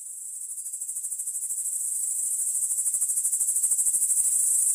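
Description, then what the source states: Cricket chorus fading in from quiet, its high rapid pulses growing steadily louder and more distinct over a few seconds. Crickets recorded in the Emmental.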